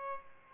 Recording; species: mosquito wingbeat signal from an infrared sensor; Aedes aegypti